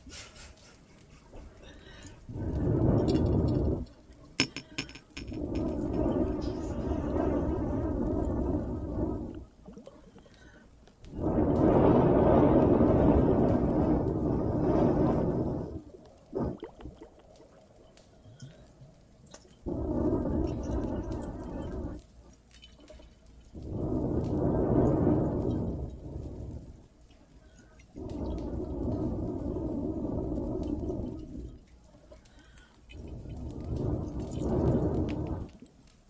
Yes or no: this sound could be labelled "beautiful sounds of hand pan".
no